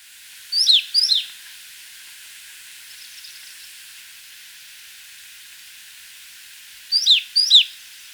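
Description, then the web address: Pale-naped brush-finch singing paired high, thin, sharply falling notes, one phrase at the start and another after a long silent gap over faint hiss. Recorded in Ecuador. "Birds of Ecuador. Pale-Naped Brush-Finch"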